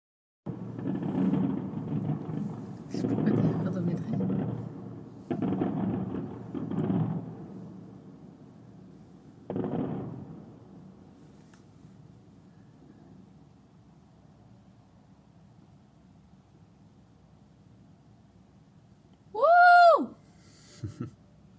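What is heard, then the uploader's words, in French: Fireworks go off in the distance as a series of dull, low booms and rumbling crackles during the first ten seconds, then fade to a quiet low murmur. Near the end, a loud shrill whistle swoops up and down, followed by a brief fainter one. Manchester, 0h10. Feu d'artifice au loin.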